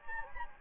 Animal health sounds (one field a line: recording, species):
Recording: mosquito wingbeat signal from an infrared sensor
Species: Anopheles gambiae